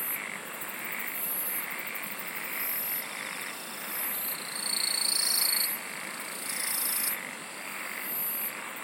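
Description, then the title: Insect song of high, rasping bursts at a regular pace, with a sustained thin tone surging louder midway and lower pulsing trills underneath. "SINGING OF INSECTS"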